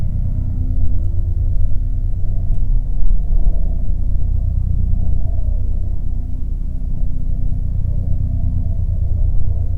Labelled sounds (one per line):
aircraft